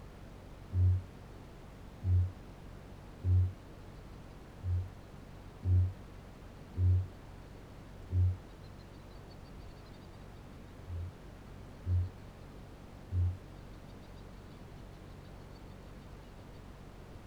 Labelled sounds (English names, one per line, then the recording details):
Kākāpō boom
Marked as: faintness 2/5, faintness 3/5
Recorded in New Zealand
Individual Barnard